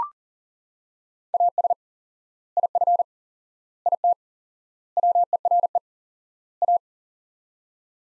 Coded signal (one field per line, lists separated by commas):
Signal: Morse code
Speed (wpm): 40 wpm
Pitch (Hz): 700 Hz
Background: none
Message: AS IF IT WERE A